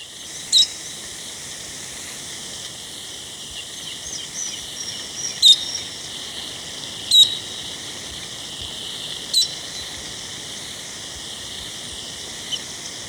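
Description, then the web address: Orange-banded flycatcher giving four clipped, high notes a few seconds apart against constant buzzing insects. Recorded in Ecuador. "Birds of Ecuador 3-05 Orange-Banded Flycatcher"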